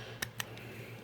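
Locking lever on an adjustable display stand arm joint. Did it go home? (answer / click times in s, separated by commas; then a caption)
released / 0.2 s, 0.4 s. The screwless locking lever on the arm joint of a plastic New Action Base display stand, the one included with the MG Rinascita, is flipped open. It gives two firm, sharp clicks at 0.2 s and 0.4 s before the lever pops up, followed by a fainter tick near 1.0 s over a low steady hum. The lock is released.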